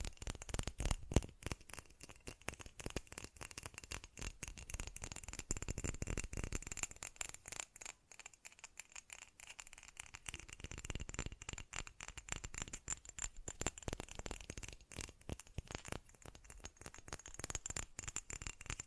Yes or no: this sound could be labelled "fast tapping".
yes